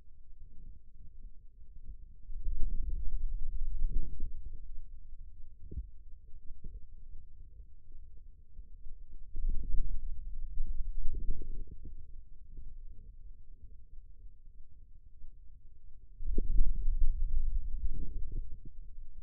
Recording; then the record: forearm muscle sounds (acoustic myography)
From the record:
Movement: hand closing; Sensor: system 2, bracelet of six BSWA MPA416 microphones around the upper forearm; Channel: 1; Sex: male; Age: 22 years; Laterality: right